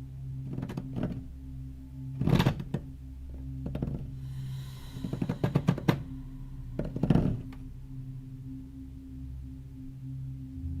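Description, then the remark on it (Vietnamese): Irregular knocks on a wooden wall outside a door, some single and some in quick clusters, ring out over a steady low hum, with several louder thumps around the middle. “Mơ hồ trong không gian, tôi vẫn có thể nghe được những tiếng lục cục như tiếng người ta đập vào vách gỗ ở bên ngoài cánh cửa.”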